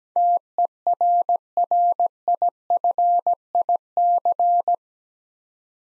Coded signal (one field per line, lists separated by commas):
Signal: Morse code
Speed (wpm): 17 wpm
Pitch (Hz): 700 Hz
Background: none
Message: TERRIFIC